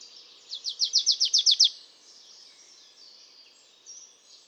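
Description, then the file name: Marsh tit calling a single quick run of sharp, high notes, followed by quiet twittering. "Poecile palustris"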